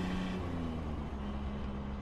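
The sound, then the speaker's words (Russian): A car engine hums steadily with a low, droning tone and tonal harmonics as the car turns onto a less busy road at night, accompanied by continuous road rumble at a constant level for the whole stretch. “Машина сворачивает на менее оживленную дорогу.”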